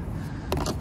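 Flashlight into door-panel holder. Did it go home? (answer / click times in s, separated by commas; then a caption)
yes / 0.5 s. A removable flashlight is pushed back into its holder in the door panel of a 2022 Rivian R1T truck. A sharp click at 0.5 seconds is followed by a softer knock, and the flashlight is seated in the holder.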